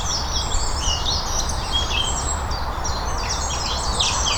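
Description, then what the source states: Several birds singing together, quick chirps and sweeping whistled notes blending into a steady chorus over a low, constant rumble. Birdsong recorded on Cadbury Hill.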